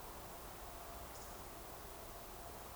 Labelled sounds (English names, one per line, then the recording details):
Eurasian Woodcock whistle
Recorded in Baden-Württemberg, Germany, on 29 June 2020 at 02:28 UTC
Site 43791, 788 m above sea level